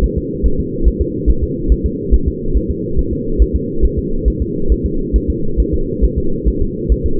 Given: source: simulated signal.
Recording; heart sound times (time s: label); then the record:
fetal heart sounds
0.04 s: S1
0.18 s: S2
0.46 s: S1
0.60 s: S2
0.88 s: S1
1.02 s: S2
1.30 s: S1
1.44 s: S2
1.72 s: S1
1.86 s: S2
2.14 s: S1
2.28 s: S2
2.57 s: S1
2.70 s: S2
2.99 s: S1
3.13 s: S2
3.42 s: S1
3.56 s: S2
3.85 s: S1
3.99 s: S2
4.28 s: S1
4.42 s: S2
4.72 s: S1
4.86 s: S2
5.16 s: S1
5.30 s: S2
5.60 s: S1
5.74 s: S2
6.04 s: S1
6.18 s: S2
6.48 s: S1
6.62 s: S2
6.92 s: S1
7.06 s: S2
From the record:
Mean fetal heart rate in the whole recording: 140 bpm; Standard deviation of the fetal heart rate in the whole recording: 2 bpm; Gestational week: 34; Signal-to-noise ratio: -8.1 dB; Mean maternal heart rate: 72 bpm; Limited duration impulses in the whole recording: absent